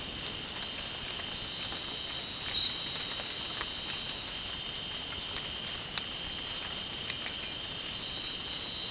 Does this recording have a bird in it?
no